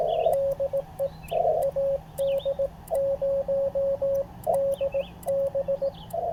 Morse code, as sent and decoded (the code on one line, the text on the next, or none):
-.. . / .- -.. ----- -.. -...
DE AD0DB